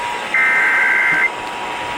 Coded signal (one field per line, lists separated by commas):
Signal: Emergency Alert System (SAME) tones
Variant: header bursts